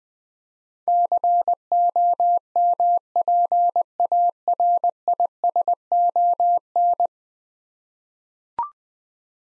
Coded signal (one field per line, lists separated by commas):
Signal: Morse code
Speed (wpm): 21 wpm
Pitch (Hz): 700 Hz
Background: none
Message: COMPARISON